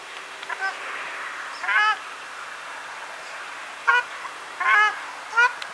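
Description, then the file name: Ruddy shelduck giving short nasal honks, singly and in pairs, at uneven intervals with quiet hiss between calls. "ogar golos"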